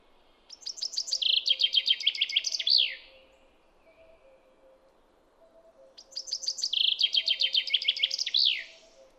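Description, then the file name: Common chaffinch song repeated twice, each a rattling descending trill of sharp notes ending in a quick falling flourish, separated by about three seconds of quiet. "Fringilla coelebs"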